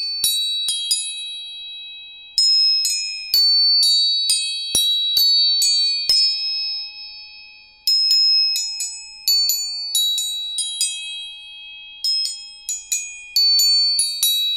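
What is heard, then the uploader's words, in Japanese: Tuning forks are struck again and again, roughly every second or two, each strike ringing out brightly and fading over a steady, pure, sustained tone. 音叉チューニング全体性。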